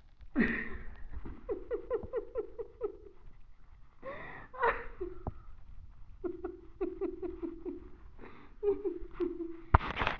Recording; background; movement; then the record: laughter; quiet; sitting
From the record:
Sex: female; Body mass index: 21.8 kg/m2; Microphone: on the chest, facing the body